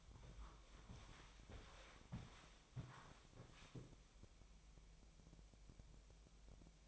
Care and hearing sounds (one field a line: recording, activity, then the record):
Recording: daily activity, microphone in the room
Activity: walk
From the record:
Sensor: 1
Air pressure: 1000.5 hPa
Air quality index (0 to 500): 168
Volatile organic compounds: 4 ppm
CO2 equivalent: 1556 ppm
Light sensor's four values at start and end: 12/29/12/14 and 13/31/13/14